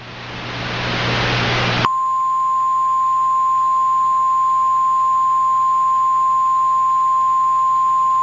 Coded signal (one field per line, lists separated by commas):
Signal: Emergency Alert System (SAME) tones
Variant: 853 and 960 Hz attention tone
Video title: EAS Mock: Fire Tornado?? (Requested)